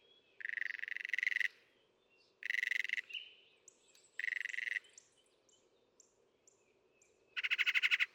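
Northern mockingbird song: a few harsh, raspy phrases, with soft high chips between them and faint background hiss.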